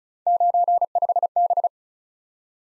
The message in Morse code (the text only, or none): 95B